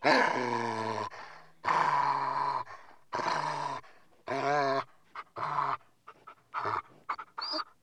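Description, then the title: Dog making heavy, voiced breathing sounds in drawn-out bursts of about a second each, with short gaps, growing shorter and choppier toward the end. "NHK Sound Effects Collection - 3-Frogs, Crickets, Cicadas, Horses, Dogs"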